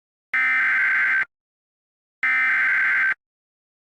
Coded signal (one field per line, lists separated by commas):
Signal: Emergency Alert System (SAME) tones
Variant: header bursts